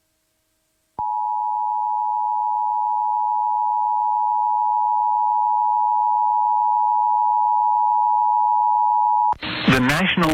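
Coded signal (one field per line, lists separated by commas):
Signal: Emergency Alert System (SAME) tones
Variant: 853 and 960 Hz attention tone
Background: speech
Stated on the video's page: Emergency Alert System alerts.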